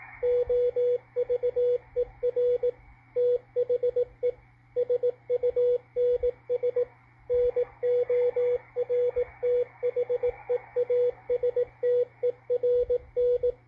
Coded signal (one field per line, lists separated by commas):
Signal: Morse code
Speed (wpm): 18 wpm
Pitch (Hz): 490 Hz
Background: radio noise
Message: OVER THE SUNS NORTHEASTERN